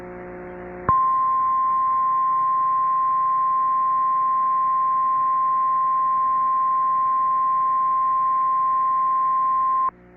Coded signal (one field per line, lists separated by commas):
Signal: Emergency Alert System (SAME) tones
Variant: 1050 Hz attention tone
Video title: EAS #826-827: 2 EAS Severe Thunderstorm Warnings- June 13, 2023- 4:15PM PDT